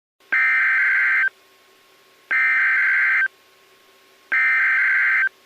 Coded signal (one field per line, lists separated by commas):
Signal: Emergency Alert System (SAME) tones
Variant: header bursts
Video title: NOAA Weather Radio EAS #1,101 & #1,102 Tropical Storm Warning 7/2/14 10:54 AM